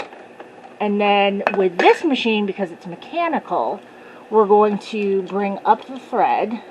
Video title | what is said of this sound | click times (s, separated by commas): Patreon Threading a sewing machinethreading a | you're going to click it in and you want to hear it click | 0.0 s, 0.4 s